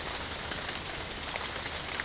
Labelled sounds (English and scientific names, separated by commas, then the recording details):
none
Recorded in pastures near Puerto Asís, Putumayo, Colombia, on 30 June 2025 at 16:00
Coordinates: 0.496, -76.326
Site GP01